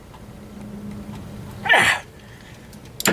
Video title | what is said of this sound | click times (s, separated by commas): how to replace a toyota 22re front crankshaft seal plus speedi sleeve installation | you hear that click we're good | 3.0 s, 3.1 s